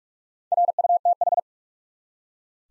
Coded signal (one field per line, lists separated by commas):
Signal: Morse code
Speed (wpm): 46 wpm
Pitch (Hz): 700 Hz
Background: none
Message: RUTH